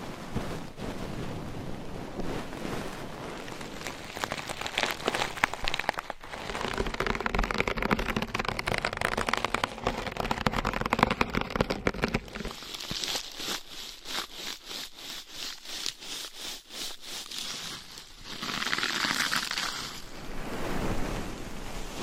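Scratching and tapping triggers that change every few seconds, with dense crackly rustling that comes and goes. From about 6 to 12 seconds it grows fuller and louder, then turns thinner and brighter with quick tapping bursts until a final brighter swell near 19 seconds.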